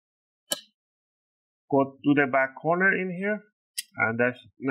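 A plastic opening pick is wedged about 2–3 mm between the plastic bottom cover and palm rest of a Lenovo IdeaPad 330 14IGM (81D0) laptop and twisted to unhook the cover's snap clips. A single sharp, short click is heard at 0.5 s as a clip pops open and releases, followed by someone talking.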